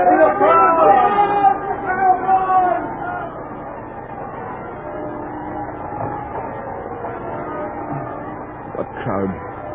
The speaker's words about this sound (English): Oh, your majesty, never in the history of this city have I ever seen such enthusiastic crowds.